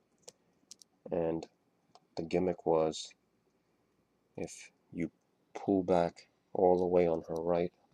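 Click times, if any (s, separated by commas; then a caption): none. The right arm of a plastic action figure is being handled and pulled back toward its spring-loaded claw-swipe shoulder latch while someone talks. The clip ends before the arm latches, so nothing has seated or clicked yet.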